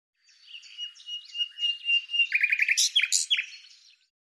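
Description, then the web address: Bird song: a long varied twittering phrase over a steady thin whistle, ending in quicker, louder chirps and sweeping notes. "Deverinetal 2025"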